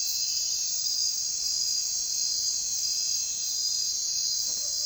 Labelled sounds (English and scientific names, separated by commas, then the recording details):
none
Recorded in secondary vegetation near Puerto Asís, Putumayo, Colombia, on 23 June 2025 at 00:30
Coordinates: 0.498, -76.327
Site GP09